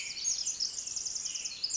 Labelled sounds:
Pacific Wren
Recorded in Sonoma County, California

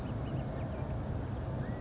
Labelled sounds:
California Quail
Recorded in Sonoma County, California

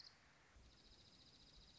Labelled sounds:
Dark-eyed Junco
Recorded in Sonoma County, California

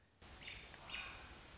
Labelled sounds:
American Robin
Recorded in Sonoma County, California

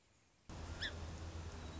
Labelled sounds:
Song Sparrow
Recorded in Sonoma County, California

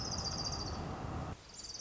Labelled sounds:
Orange-crowned Warbler
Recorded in Sonoma County, California

